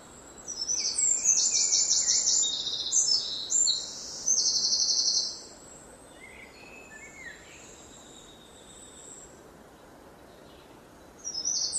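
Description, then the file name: Eurasian wren song: a loud, rapid outburst of high trills and rattles lasting about five seconds, then quiet, with another burst starting at the very end. "Troglodytes troglodytes"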